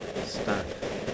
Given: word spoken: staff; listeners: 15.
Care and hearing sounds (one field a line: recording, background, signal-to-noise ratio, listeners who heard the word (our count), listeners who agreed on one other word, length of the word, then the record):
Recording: one English word in noise, from a listening test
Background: noise modulated by three-talker babble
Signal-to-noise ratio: -3.3 dB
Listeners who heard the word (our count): 1 of 15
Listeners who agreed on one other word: 7 of 15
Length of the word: 0.74 s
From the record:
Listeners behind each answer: 7, 3, 1, 1, 1, 1, 1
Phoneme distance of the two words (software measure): 20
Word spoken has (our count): 1 syllable, 4 phonemes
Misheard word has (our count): 1 syllable, 4 phonemes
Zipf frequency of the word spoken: 4.95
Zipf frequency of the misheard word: 3.88